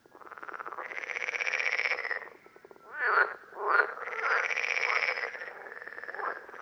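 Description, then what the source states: Parsley frogs calling with long, loud pulsed creaks, broken by two short sharp croaks before the chorus resumes. Several frogs at Lerouville, Lorraine, France, on 5 June 2022.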